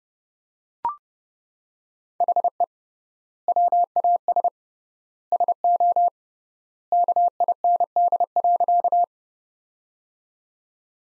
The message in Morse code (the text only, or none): HE WAS SO KIND.